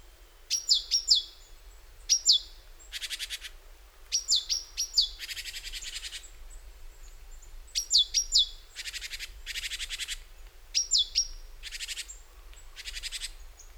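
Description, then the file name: Great tit song in short bursts of sharp downslurred notes, mixed with several harsh, buzzy rasping bursts that come between the phrases. "Parus major"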